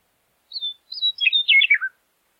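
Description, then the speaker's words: Western meadowlark song, a short phrase of clear whistles that slur downward into a bubbling, falling jumble, on a silent background. Played as an example of the song. "Second, I want you to hear the bird song of a western meadowlark, which you'll find relevant as the episode goes."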